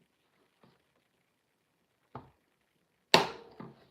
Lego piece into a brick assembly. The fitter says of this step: gosh that is you can hear when it snaps into place it's a really stiff thing to get in between there